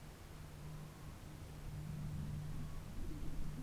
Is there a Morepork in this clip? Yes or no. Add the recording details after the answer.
yes. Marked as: faintness 5/5. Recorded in New Zealand on 4 June 2017. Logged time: 19:01. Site Taranaki